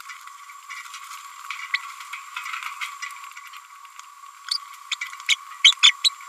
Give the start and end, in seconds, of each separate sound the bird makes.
1.74-1.78, 4.50-4.58, 4.91-4.96, 5.28-5.36, 5.64-5.72, 5.82-5.95, 6.04-6.09